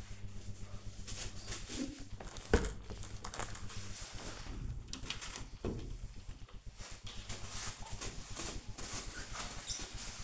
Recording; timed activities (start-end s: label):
household activities, microphone on the right wrist
0.00-10.24 s: window cleaning